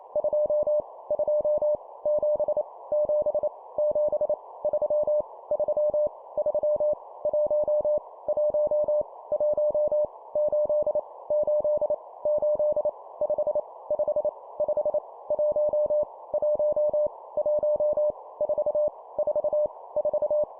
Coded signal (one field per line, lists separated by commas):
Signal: Morse code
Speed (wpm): 28 wpm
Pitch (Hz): 600 Hz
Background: none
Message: 2 2 7 7 7 3 3 3 1 1 1 8 8 8 5 5 5 1 1 1 4 4 4